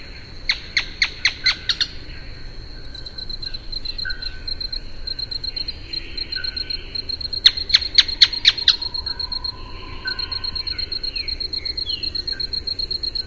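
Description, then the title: Canebrake Groundcreeper giving two bursts of several harsh, rasping notes in quick succession, with a steady high insect trill in the background. "LuckyPassaro Completos2Sama. Canebrake Groundcreeper (Clibanornis dendrocolaptoides)"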